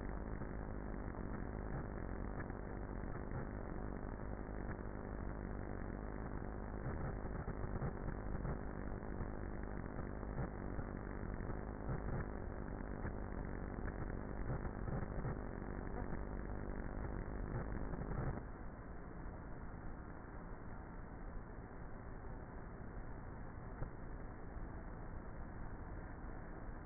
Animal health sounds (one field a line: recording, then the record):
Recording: honeybee colony, microphone inside the hive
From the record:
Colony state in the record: queenless with a low population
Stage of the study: before two queens were removed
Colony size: about 30,000 bees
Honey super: no